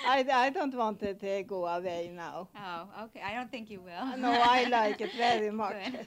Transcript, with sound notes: I don't want to go away now.
Okay. I don't think you will. (laughs)
I like it very much.